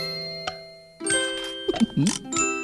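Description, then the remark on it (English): A clock strikes three, ringing out in bright, bell-like tones, with a few struck notes over a steady humming tone, after a faint click. “The clock struck three.”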